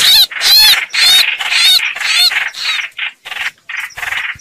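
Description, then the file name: Red-whiskered bulbul giving loud, quavering, warbled squeals that shorten into brief harsh notes, spaced about every half second. Distress call, described as crying for help. "Tieng trao trao keu cuu"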